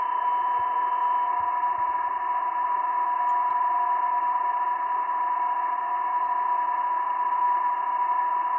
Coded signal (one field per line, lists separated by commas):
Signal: PSK31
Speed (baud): 31.25 baud